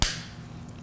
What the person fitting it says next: you hear it snap tightly shut